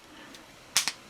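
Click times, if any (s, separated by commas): 0.8 s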